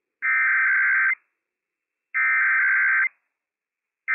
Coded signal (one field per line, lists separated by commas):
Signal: Emergency Alert System (SAME) tones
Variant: header bursts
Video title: Washington State EOC - WWF56 - EAS #158 - 11:00 AM PDT 8/17/21